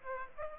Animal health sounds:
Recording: mosquito wingbeat signal from an infrared sensor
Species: Aedes aegypti

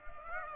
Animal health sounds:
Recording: mosquito wingbeat signal from an infrared sensor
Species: Aedes aegypti

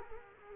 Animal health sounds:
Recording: mosquito wingbeat signal from an infrared sensor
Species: Culex quinquefasciatus

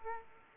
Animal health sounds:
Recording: mosquito wingbeat signal from an infrared sensor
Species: Aedes aegypti

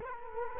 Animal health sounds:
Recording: mosquito wingbeat signal from an infrared sensor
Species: Culex quinquefasciatus

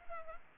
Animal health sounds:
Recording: mosquito wingbeat signal from an infrared sensor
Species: Culex pipiens

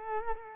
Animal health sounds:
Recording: mosquito wingbeat signal from an infrared sensor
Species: Culex quinquefasciatus

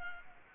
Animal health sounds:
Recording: mosquito wingbeat signal from an infrared sensor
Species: Culex pipiens

